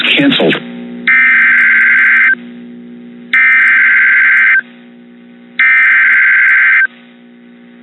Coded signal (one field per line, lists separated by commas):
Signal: Emergency Alert System (SAME) tones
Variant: header bursts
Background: speech